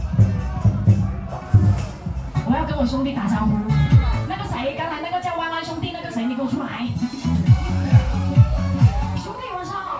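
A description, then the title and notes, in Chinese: Voices fill the street during a temple procession's return to Shude Park in Taipei, with people talking over one another throughout. A low, regular thumping pulses underneath the chatter, and a brighter hiss rises over the last few seconds. 北安府癸卯年謁祖晉香回鑾–聲音現場。台北市樹德公園–大龍街87巷巷口與巷內。上午。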